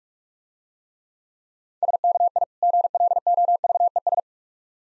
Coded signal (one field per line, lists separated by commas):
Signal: Morse code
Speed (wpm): 45 wpm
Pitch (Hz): 700 Hz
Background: none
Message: SKI GLOVES